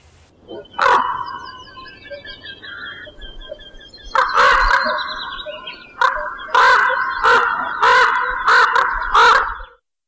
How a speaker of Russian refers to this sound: Ворон.